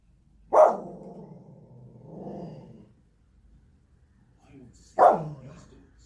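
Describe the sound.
Spitz: dog giving two loud barks a few seconds apart, the first followed by a long, low, wavering growling tail.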